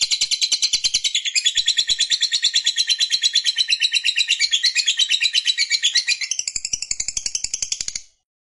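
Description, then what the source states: Lovebird pouring out a steady, high, rapid chatter of pulsed notes for about eight seconds, then stopping abruptly. Fighter-type lovebird singing energetically in the gacor style.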